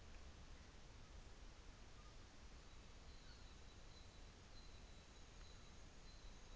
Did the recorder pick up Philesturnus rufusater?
no